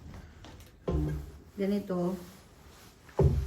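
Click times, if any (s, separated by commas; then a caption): 3.2 s. Someone talks while moving the tilt-head lock lever on a KitchenAid Artisan 4.8 L stand mixer back to the locked position. A short, sharp click is heard at 3.2 s as the lever seats, and the head is locked.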